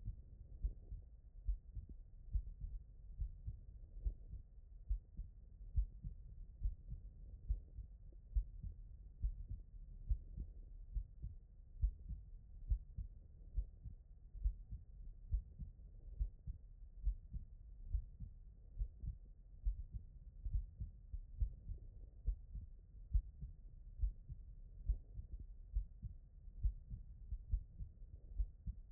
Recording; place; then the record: heart sounds by stethoscope; tricuspid valve (TV)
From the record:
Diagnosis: non-HFrEF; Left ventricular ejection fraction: 64%